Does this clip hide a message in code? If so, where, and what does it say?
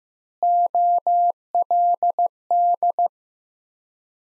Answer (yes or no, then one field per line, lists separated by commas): yes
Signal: Morse code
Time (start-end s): 0.4-3.1 s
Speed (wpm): 15 wpm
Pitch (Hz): 700 Hz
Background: none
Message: OLD